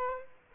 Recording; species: mosquito wingbeat signal from an infrared sensor; Culex quinquefasciatus